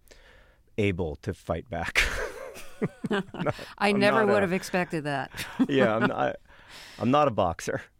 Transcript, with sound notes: able to fight back.
(LAUGHTER)
I never would have expected that.
Yeah. I'm not a boxer.